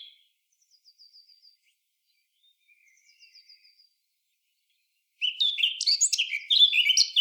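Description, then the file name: Eurasian blackcap song: faint, thin high twittering for several seconds, then a loud, fast, jumbled warble bursting in for the last two seconds. "Sylvia atricapilla"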